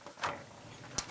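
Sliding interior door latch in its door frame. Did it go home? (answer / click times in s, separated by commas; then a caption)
released / 1.0 s. A finger presses the latch of a sliding interior door, set in its door frame in the bedroom of a 36 ft, 400 hp, 4-slide 2008 Holiday Rambler Endeavor 36QDP coach, to unlock it without bending down. A soft rustle near 0.2 s is followed by a sharp, bright click at 1.0 s as the latch releases and the door unlocks.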